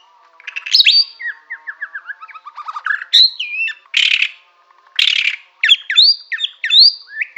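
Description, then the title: White-rumped shama song, falling whistled notes, then loud harsh rasping bursts alternating with bright upslurred whistles. Bornean form; from Borneo. "MURAI BORNEO MAS KIKI"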